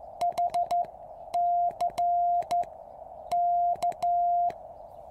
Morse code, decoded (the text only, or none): H C K